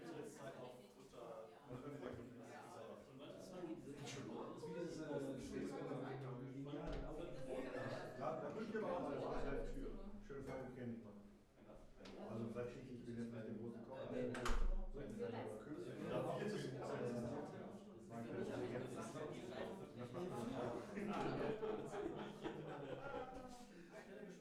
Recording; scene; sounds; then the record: everyday scene through a hearing-aid microphone; many people talking; many voices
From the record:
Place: bistro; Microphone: behind the ear, left, rear